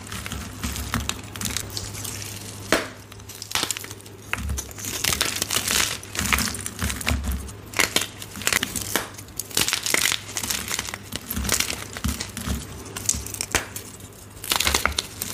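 Gym chalk is crushed and rubbed in baby oil, giving dense, irregular crinkling and crunching bursts over a steady low hum throughout.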